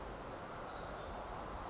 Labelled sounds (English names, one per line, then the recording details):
Pacific Wren
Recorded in Sonoma County, California